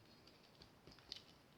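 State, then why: Not seated. A metal bushing is being fitted by hand into the cylinder assembly of a Nagant revolver, near the cylinder ratchet. Quiet handling produces faint ticks around 0.6 s and 0.9–1.0 s, and a sharper small tick at 1.1 s, over a low steady background. Nothing has seated or clicked into place yet.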